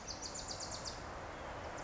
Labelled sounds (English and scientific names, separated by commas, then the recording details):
Bewick's Wren (Thryomanes bewickii)
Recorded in Sonoma County, California